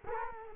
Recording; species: mosquito wingbeat signal from an infrared sensor; Culex quinquefasciatus